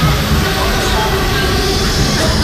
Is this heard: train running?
yes